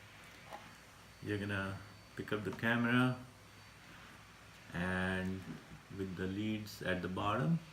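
A battery pack for a Canon GL2 video camera is held with its contacts at the bottom, ready to be pushed down into the camera until it latches. Someone talks in bursts over quiet background hum. Nothing has seated or clicked yet.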